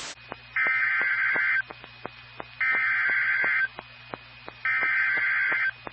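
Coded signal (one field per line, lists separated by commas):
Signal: Emergency Alert System (SAME) tones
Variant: header bursts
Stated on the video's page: EAS alerts from NOAA Weather Radio transmitters in Ohio.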